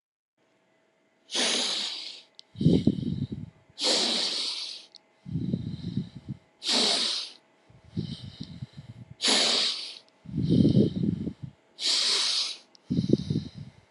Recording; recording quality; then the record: deep breathing; excellent, no background noise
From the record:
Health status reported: healthy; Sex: male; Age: 25 years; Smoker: yes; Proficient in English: yes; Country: India